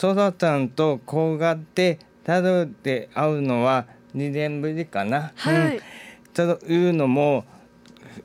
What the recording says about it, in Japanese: 一昨年2014年12月半ばに脳出血を起こし、 今年の1月まで約1年間入院していて、。 後遺症に失語症と右半身麻痺があるんだけど。